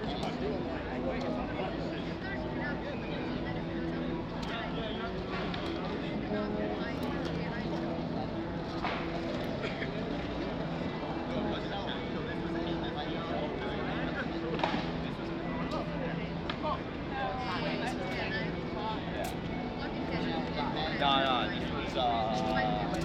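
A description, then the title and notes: Washington Square Park: a steady, dense murmur of many overlapping voices with a low traffic rumble underneath. The level hardly changes throughout, while brief louder calls and a few sliding, whistle-like sounds rise above the crowd near the end. Washington Square Park.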